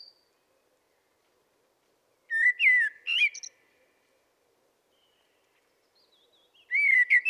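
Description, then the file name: Common blackbird giving a short fluted warble ending in a squeaky high flourish, followed by silence and another whistled phrase beginning near the end. "Turdus merula"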